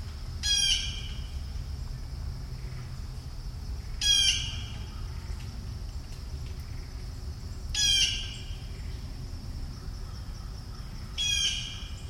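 Bird repeating a grating, raspy squawk four times, roughly every three and a half seconds, with quiet low rumble between calls.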